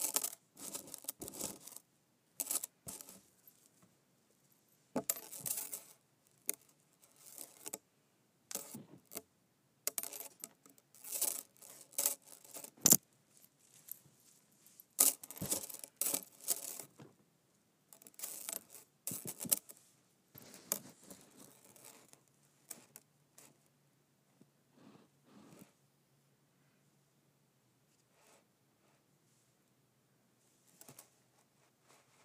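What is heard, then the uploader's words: A metal chain clinks and rattles in irregular bursts of bright jingling, busiest in the first twenty seconds, then thinning to sparse taps with a faint low hum. ASMR Metal Clinking Chain.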